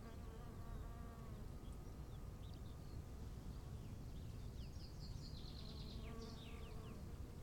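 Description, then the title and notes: Bees humming, with faint chirping birds high, especially near the end, over a low wind rumble. Bees at 15:15 on a field path to the Bruder-Klaus chapel in Wachendorf, with birds, wind and quiet. "wachendorf, feldweg. 15:15 feldweg zur bruder-klaus-kapelle, bienen, vögel, wind, stille"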